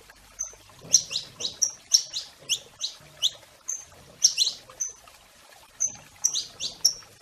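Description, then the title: Domestic canary song with thin whistled notes and downward-sweeping chirps in short rhythmic series, separated by brief pauses. "Kenari Portugis"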